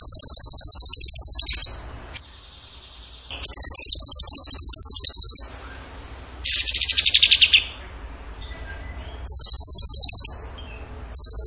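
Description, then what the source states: Bird repeating bursts of rapid, piercing high trills of one to two seconds, one burst sliding lower into a buzzy slur, with brief quiet gaps. Masteran (training recording) in the tembakan gacor song style.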